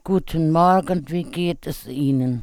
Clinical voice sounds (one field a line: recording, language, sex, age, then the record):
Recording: spoken sentence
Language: German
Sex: female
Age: 70 to 79 years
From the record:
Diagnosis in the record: intubation injury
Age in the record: 70 years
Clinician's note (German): Zustand danach, stroboskopisch unregelmäßiges Schwingungsbild